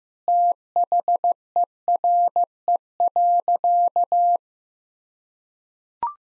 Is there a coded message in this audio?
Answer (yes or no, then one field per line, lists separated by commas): yes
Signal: Morse code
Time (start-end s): 0.3-4.4 s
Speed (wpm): 15 wpm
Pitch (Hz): 700 Hz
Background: none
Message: THERE.